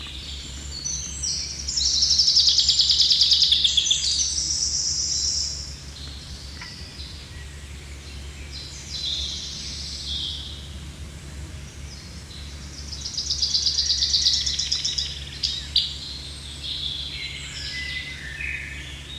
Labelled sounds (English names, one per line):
Common Chaffinch song